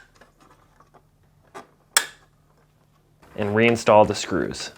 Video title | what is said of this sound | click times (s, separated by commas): How to replace Dispenser Actuator part # W10853387 on your Whirlpool KitchenAid Maytag Refrigerator | snap in place and | 2.0 s